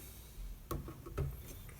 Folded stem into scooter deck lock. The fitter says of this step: this down again it locks in place and just lifted and carry with me the